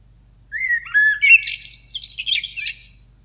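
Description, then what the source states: Blackbird song: a short whistled opening phrase sliding into a burst of high, squeaky twittering notes, with a faint low hum underneath. Sung in the morning.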